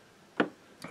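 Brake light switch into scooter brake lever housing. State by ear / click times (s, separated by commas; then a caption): seated / 0.4 s. A brake light switch is pushed into the brake lever housing of a Kinko scooter, believed to be a clip fit, while repairing a brake light that stays on. A sharp tick at 0.4 s marks the switch seating, followed by a fainter, softer sound around 0.8 s.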